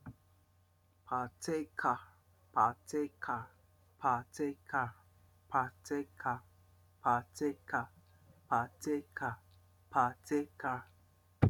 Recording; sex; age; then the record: repeated syllables /pa ta ka/; male; 50 to 59 years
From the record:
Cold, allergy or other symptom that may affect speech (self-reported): no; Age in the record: 50 years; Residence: United States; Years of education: 16